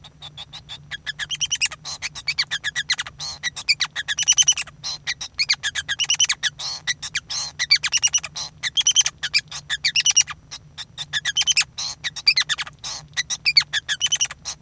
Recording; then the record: song of a male Bengalese finch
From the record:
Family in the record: son of father 5